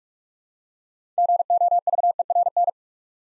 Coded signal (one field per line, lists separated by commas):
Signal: Morse code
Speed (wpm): 44 wpm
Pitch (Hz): 700 Hz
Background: none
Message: GOVERN